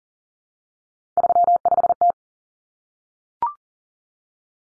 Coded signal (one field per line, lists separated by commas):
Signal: Morse code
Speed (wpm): 40 wpm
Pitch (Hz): 700 Hz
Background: none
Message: 35T